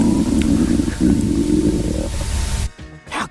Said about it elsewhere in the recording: My stomach was rumbling. This is my stomach in the studio, magnified 500 times.